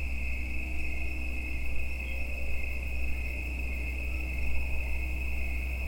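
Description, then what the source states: Massed insects give a continuous, even, high-pitched drone throughout, backed by a steady low hum. Mating calls of insects in the evening in late summer into autumn at Watts Ranch, United States; insects that won't be alive in a week or two.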